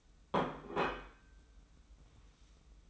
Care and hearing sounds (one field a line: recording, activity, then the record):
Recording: daily activity, microphone in the room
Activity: place plate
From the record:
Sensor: 1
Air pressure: 990.9 hPa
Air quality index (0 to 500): 132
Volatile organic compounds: 416 ppm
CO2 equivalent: 4697 ppm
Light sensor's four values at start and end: 22/51/22/24 and 22/51/22/24